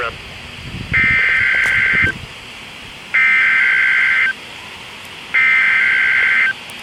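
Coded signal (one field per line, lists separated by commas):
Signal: Emergency Alert System (SAME) tones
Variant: header bursts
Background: speech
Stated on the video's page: NOAA weather radio required weekly test recorded off station WNG671.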